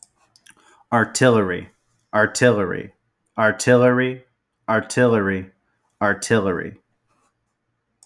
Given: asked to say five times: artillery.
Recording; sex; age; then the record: repeated word; male; 20 to 29 years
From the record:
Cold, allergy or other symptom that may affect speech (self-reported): no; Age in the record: 27 years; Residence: South Carolina, United States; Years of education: 13